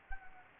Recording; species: mosquito wingbeat signal from an infrared sensor; Anopheles gambiae